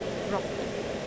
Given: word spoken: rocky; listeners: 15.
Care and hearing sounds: one English word in noise, from a listening test; speech-shaped noise; -4.7 dB; 0 of 15; 6 of 15; 0.67 s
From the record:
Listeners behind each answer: 6, 4, 1, 1, 1, 1, 1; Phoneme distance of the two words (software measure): 17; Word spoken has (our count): 2 syllables, 4 phonemes, stress on syllable 1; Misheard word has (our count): 2 syllables, 5 phonemes, stress on syllable 1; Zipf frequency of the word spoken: 3.99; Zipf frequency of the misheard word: 4.32

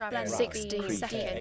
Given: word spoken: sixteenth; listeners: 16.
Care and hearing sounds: one English word in noise, from a listening test; four-talker babble; 0.0 dB; 0 of 16; 7 of 16; 1.01 s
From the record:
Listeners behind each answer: 7, 6, 1, 1, 1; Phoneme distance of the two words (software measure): 17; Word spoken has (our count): 2 syllables, 8 phonemes, stress on syllable 1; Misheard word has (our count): 2 syllables, 7 phonemes, stress on syllable 1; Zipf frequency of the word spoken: 2.21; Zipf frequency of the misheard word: 3.04

